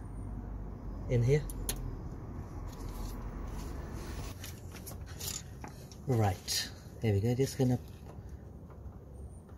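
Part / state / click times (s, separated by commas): ABS sensor connector into vehicle wiring harness plug / not seated / none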